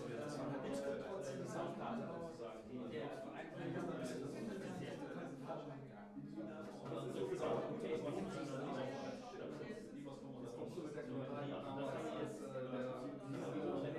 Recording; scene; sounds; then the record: everyday scene through a hearing-aid microphone; many people talking; many voices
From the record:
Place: bistro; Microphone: behind the ear, left, rear